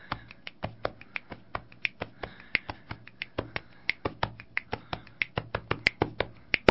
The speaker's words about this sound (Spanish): ¿Qué estamos utilizando en este instante para este ritmo de samba? Chasquido, pechos y palmas. ¿Las palmas qué instrumento nos daría? Si nos imaginamos la parte de batería, las palmas son el redoblante, los chasquidos el hi-hat y el pecho el bombo.